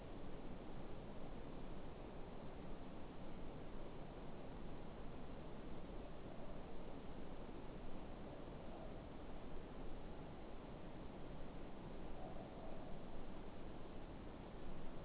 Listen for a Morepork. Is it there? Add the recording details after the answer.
yes. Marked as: faintness 5/5, faintness 4/5. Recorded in New Zealand. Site Eglinton